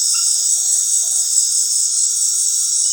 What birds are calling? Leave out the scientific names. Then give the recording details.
none. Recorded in dense forest near Puerto Asís, Putumayo, Colombia, on 19 February 2024 at 19:00. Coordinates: 0.502, -76.326. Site G6460